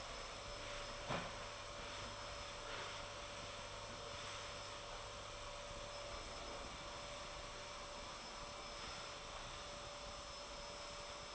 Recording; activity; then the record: daily activity, microphone in the room; vacuum cleaning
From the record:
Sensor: 5